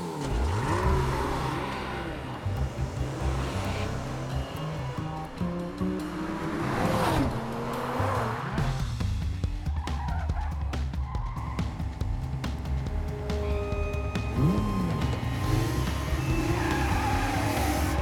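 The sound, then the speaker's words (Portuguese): Car engines rev and roar as vehicles accelerate away in a Brazilian Portuguese dub of an animation, with rising and falling engine pitch, a brief tire squeal, and steady loud motor noise throughout. “Pros carros, todo mundo! Você, dirige.”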